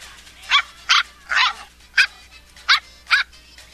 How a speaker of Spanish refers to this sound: Entonces llegó a la panadería presentando a su nueva mascota, Ticholo, su nuevo cachorrito de perro.